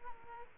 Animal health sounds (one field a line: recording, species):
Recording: mosquito wingbeat signal from an infrared sensor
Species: Aedes aegypti